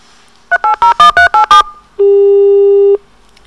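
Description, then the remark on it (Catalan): A quick run of seven touch-tone dialing beeps, each a short bright two-note blip, followed after a brief pause by one steady, lower tone held for about a second. “Tenim telèfon. A Ràdio Ressaca hi ha telèfon. Les gràcies al Centre Cívic de Can Basté. Endavant, truca.”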